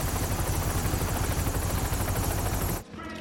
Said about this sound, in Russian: Пилот, сколько нам еще? Вертолет летит на место. Скоро будем на месте.